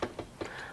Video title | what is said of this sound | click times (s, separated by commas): Dremmt 35 Inch Lawn Leveling Rake | locked into place | 0.0 s